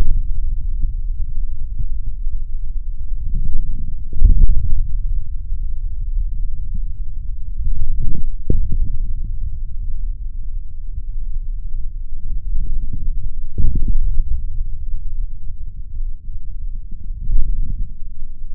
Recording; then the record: forearm muscle sounds (acoustic myography)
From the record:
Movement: forearm pronation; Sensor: system 3, bracelet of six PUI Audio POM-2738L microphones around the upper forearm, with dedicated amplification and filtering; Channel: 3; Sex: male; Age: 26 years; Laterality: right